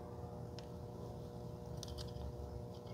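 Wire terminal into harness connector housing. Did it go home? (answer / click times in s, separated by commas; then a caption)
no / none. A solid green wire's terminal is handled at a plastic harness connector housing during a supercharger install for C7 A6/A7, B8 S4, S5 and SQ5 models, with short sharp ticks near 0.6, 1.8 and 2.0 seconds over a steady low hum. The terminal has not seated or clicked into the housing yet.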